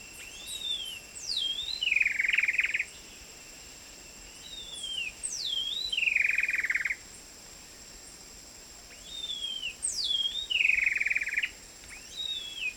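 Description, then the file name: Coraya wren song phrase repeated about every four seconds, each with whistled slurred notes followed by a rapid, rattling buzzy trill, against a constant high-pitched insect drone. Route de Kaw, 29 July 2008. "080729 route kaw trog cora"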